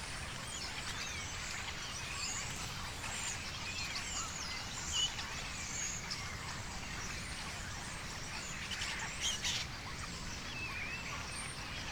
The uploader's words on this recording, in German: Stare Am Abend.